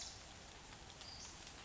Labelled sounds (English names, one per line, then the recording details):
Western Flycatcher
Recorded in Sonoma County, California